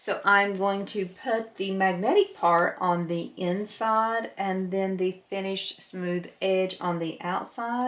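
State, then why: Not seated. A magnetic snap is being handled for pressing into a vinyl bag panel, with the magnetic part going on the inside and the finished smooth edge on the outside, to be set fully later with a rivet press. Someone talks throughout, and the clip ends before the part goes home, so nothing has seated or clicked yet.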